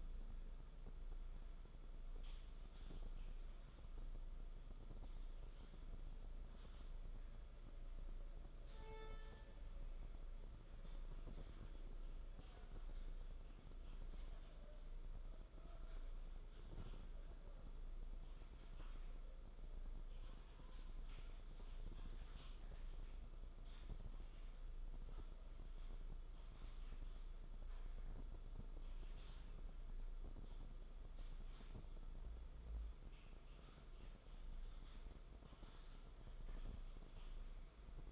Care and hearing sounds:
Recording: daily activity, microphone in the room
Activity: typing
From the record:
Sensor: 5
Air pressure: 994.5 hPa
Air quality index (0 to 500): 171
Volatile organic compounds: 622 ppm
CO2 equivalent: 4963 ppm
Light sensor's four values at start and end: 9/23/9/10 and 9/22/9/10

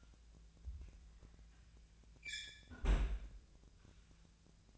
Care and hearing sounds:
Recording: daily activity, microphone in the room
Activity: close fridge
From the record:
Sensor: 2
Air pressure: 1009.6 hPa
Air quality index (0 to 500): 183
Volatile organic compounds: 11 ppm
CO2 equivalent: 2283 ppm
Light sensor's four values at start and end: 26/63/27/30 and 25/62/27/29

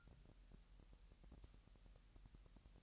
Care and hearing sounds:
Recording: daily activity, microphone in the room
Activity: take from stove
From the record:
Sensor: 3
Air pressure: 1001.9 hPa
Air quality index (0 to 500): 248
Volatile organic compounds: 50 ppm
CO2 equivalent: 3295 ppm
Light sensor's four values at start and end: 6/15/6/6 and 6/15/6/6

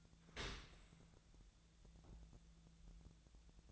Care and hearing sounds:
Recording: daily activity, microphone in the room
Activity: open dishwasher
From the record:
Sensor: 3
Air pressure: 1000.5 hPa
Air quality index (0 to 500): 174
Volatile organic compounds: 3 ppm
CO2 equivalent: 1505 ppm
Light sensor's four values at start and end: 14/36/14/16 and 14/36/14/16

